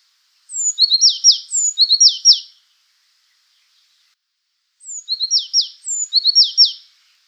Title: suara burung azure tit